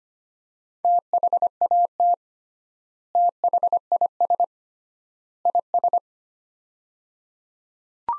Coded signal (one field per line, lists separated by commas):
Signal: Morse code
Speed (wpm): 25 wpm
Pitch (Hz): 700 Hz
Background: none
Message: THAT THIS IS